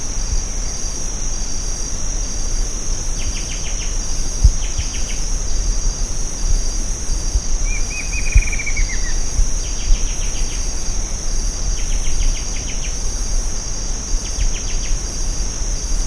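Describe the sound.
Bird calls: short rapid trills repeated at intervals and one descending chattering run, over a steady high insect drone and hiss.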